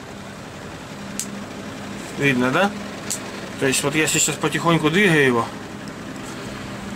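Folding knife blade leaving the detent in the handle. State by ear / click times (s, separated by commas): released / 1.2 s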